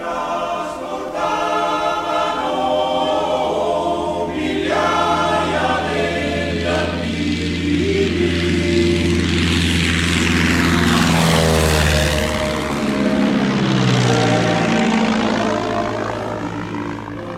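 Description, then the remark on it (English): Austrian propeller warplanes drone overhead in a loud, steady roar of layered engine hum, the pitch swooping downward as the aircraft pass over a column on a road. “Soon the Austrians will send their planes to get to work on this column.”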